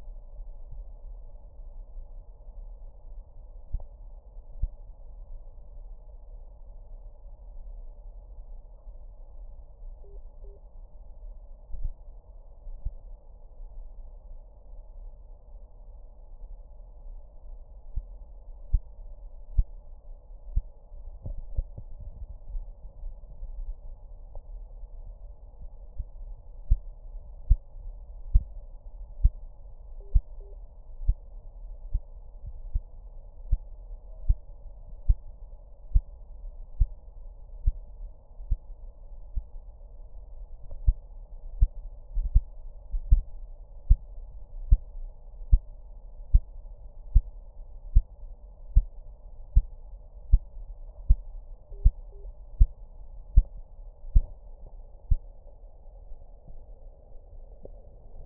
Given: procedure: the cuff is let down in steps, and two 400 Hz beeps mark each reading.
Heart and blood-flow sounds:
Korotkoff sounds by stethoscope; brachial artery, at the lower edge of an arm cuff
10.04-10.56 s: 130 mmHg
30.00-30.53 s: 120 mmHg
51.72-52.25 s: 110 mmHg
From the record:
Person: healthy adult, 24 to 32 years, lying on the back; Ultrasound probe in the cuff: proximal

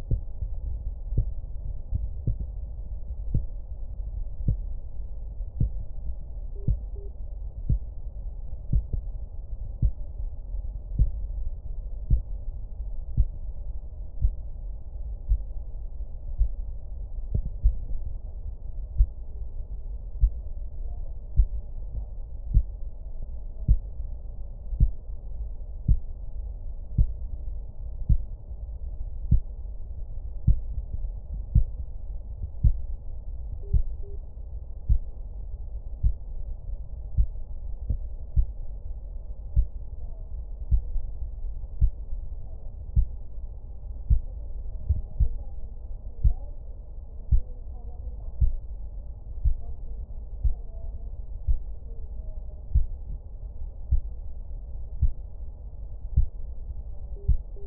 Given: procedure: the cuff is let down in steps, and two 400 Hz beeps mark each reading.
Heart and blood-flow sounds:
Korotkoff sounds by stethoscope; brachial artery, at the lower edge of an arm cuff
6.55-7.08 s: 87.5 mmHg
33.63-34.16 s: 85 mmHg
57.16-57.67 s: 82.5 mmHg
From the record:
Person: healthy adult, 24 to 32 years, lying on the back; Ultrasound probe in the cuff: middle

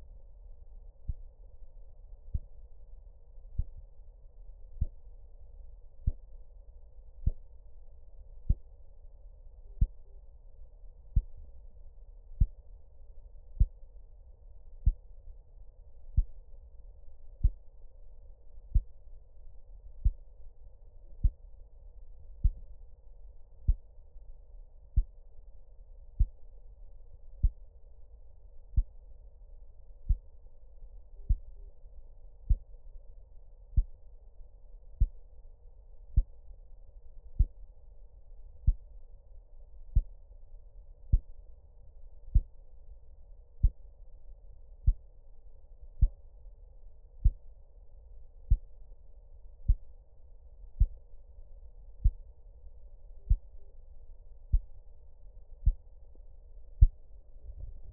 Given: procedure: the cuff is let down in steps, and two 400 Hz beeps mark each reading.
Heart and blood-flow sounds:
Korotkoff sounds by stethoscope; brachial artery, at the lower edge of an arm cuff
9.66-10.18 s: 115 mmHg
31.16-31.69 s: 105 mmHg
53.19-53.71 s: 95 mmHg
From the record:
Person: healthy adult, 24 to 32 years, lying on the back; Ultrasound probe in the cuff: distal

